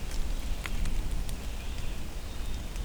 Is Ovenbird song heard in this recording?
no